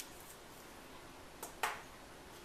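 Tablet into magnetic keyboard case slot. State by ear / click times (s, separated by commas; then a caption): seated / 1.6 s. An iPad Air tablet is set into the magnetic slot of a keyboard case; a soft tap at about 1.4 s comes just before a sharp snap at 1.6 s. The tablet snaps into place and is seated in the case.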